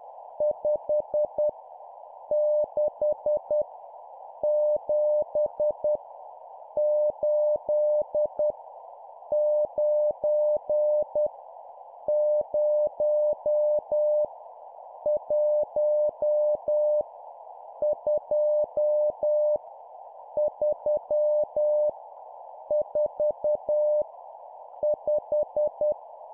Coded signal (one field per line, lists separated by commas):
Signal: Morse code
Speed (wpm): 10 wpm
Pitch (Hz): 600 Hz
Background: none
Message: 5 6 7 8 9 0 1 2 3 4 5